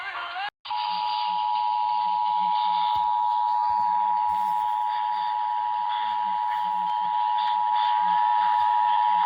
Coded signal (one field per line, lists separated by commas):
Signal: Emergency Alert System (SAME) tones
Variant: 853 and 960 Hz attention tone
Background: speech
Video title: EAS #60/65 - Illinois Required Monthly Test - Oct 4, 2022